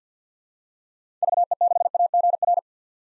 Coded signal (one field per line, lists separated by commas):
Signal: Morse code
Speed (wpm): 50 wpm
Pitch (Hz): 700 Hz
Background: none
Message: VE6AGR